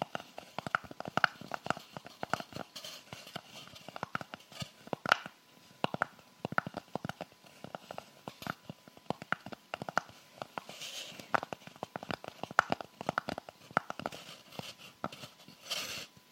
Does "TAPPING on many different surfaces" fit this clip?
yes